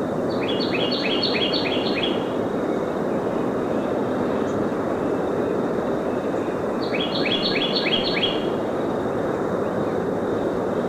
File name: Northern Cardinal-song